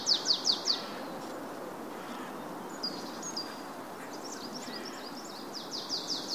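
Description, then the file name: Marsh tit calls: a quick run of four sharp high notes, then scattered thin chirps and a softer repeated series near the end. "Poecile palustris"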